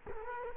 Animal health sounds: mosquito wingbeat signal from an infrared sensor; Culex quinquefasciatus

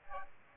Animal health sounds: mosquito wingbeat signal from an infrared sensor; Aedes aegypti

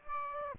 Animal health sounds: mosquito wingbeat signal from an infrared sensor; Aedes aegypti

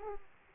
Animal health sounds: mosquito wingbeat signal from an infrared sensor; Aedes aegypti

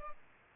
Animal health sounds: mosquito wingbeat signal from an infrared sensor; Culex pipiens

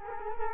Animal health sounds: mosquito wingbeat signal from an infrared sensor; Culex quinquefasciatus

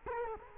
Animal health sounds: mosquito wingbeat signal from an infrared sensor; Culex quinquefasciatus

